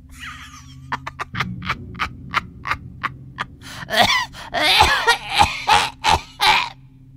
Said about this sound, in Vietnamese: Cứ vừa nói vừa cười, thỉnh thoảng bà già ho sổ sộ như muốn cố để long cái cục đờm ở trong cổ ra mà chẳng được.